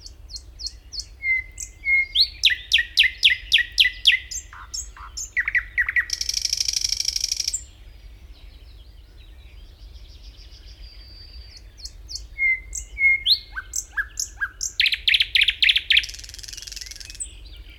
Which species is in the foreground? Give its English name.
Thrush Nightingale